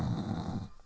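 A brief, low guttural rasp from an adult man clearing phlegm from his throat.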